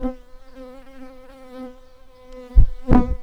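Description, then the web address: Shrill carder bee buzzing with a steady, wavering drone, then two loud thumping bursts near the end. Worker bumblebees. "Sylvarum workers"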